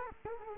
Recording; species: mosquito wingbeat signal from an infrared sensor; Culex quinquefasciatus